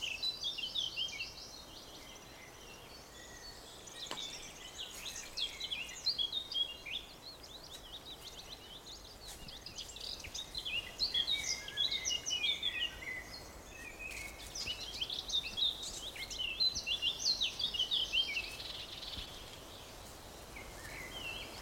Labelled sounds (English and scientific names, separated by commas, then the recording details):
Eurasian Blackcap (Sylvia atricapilla)
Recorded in the wild
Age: adult
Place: Summt, Brandenburg, DE
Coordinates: 52.693, 13.362
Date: 1992-06-14 14:40
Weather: heiter, ca. 23°C
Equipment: Nagra SN, Mikrofon AKG CK 8, Kopie Tesla B 116
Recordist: Tembrock, Günter
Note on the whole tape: Grundstück: Gesang ca. 3 min